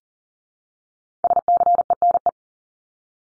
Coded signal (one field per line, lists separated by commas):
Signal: Morse code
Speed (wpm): 40 wpm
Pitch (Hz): 700 Hz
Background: none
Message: SCENE